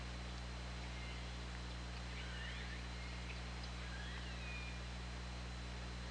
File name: Orca Lab UTLN JASON 20170824 203750 ORCALABDYNI